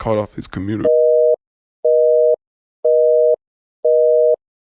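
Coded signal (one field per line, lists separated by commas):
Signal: telephone call progress tone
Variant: North America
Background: speech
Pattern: busy tone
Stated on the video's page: Fictional EAS scenario with simulated SAME alert tones.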